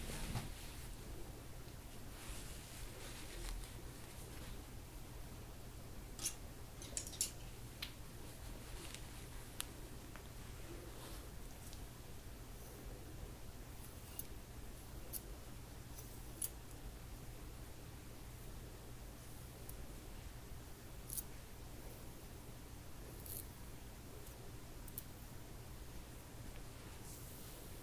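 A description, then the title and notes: Hair being brushed and handled, with soft scratchy strokes and rustles that come in irregular bursts, brighter sharp flicks around 6–7, 15–16 and 21–23 seconds. A steady low hum runs underneath the whole time. Hair brushing, hair play, hair styling.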